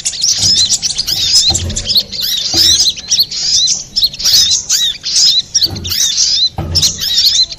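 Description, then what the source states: Little spiderhunter song of quick high chirps and swirling notes, punctuated by occasional soft low knocks. Master recording for training cage birds, labelled Labaik.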